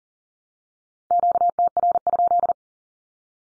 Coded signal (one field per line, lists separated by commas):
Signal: Morse code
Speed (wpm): 37 wpm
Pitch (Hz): 700 Hz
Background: none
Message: QTR?